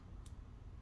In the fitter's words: and I heard a little snap